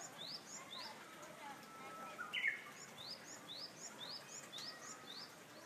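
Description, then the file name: Japanese bush warbler singing a level whistle that breaks into a short burst of warbled notes, with many high rising chirps throughout. "Japanese Nightingale"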